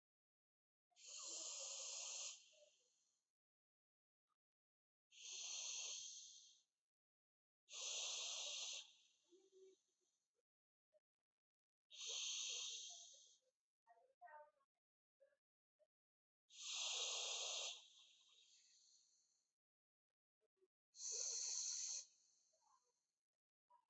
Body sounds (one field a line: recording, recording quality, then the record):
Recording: deep breathing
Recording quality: excellent, no background noise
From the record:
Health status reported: healthy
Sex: male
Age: 41 years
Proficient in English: yes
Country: India